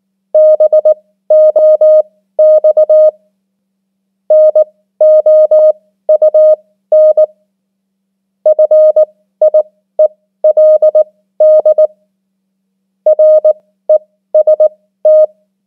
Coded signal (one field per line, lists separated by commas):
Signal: Morse code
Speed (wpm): 19 wpm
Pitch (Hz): 620 Hz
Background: none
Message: BOX NOUN FIELD REST